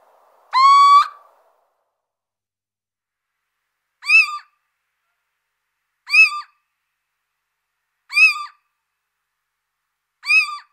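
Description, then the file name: Little owl giving one long rising whistle, then four short, sharp, mewing notes repeated about every two seconds. "Cheveche-d Athena"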